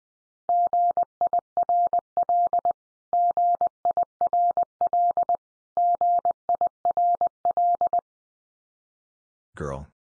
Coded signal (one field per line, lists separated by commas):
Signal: Morse code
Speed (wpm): 20 wpm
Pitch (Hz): 700 Hz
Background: none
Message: GIRL GIRL GIRL